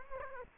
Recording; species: mosquito wingbeat signal from an infrared sensor; Culex quinquefasciatus